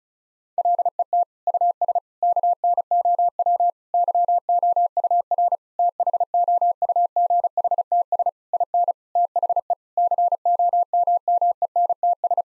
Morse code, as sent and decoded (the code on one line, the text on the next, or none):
.-.. . - / ..- ... / -.- -. --- .-- / -.-- --- ..- .-. / - .... --- ..- --. .... - ... / .. -. / - .... . / -.-. --- -- -- . -. - ...
LET US KNOW YOUR THOUGHTS IN THE COMMENTS